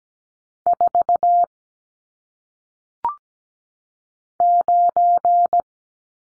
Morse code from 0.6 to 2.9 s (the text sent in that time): 4